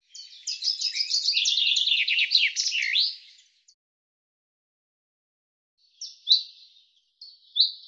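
Common chaffinch song: a bright, rattling run of descending notes lasting about three seconds, ending in a quick flourish, followed later by a few short, sharp call notes.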